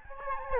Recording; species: mosquito wingbeat signal from an infrared sensor; Aedes albopictus